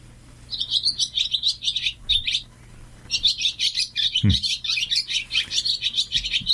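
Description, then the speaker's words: Swallows twittering in a busy chattering song of rapid high chirps and trills, with a brief pause and a low thump. Swallows singing; heard so often that people do not appreciate it. "Mira, escucha, mira cómo cantan las golondrinas."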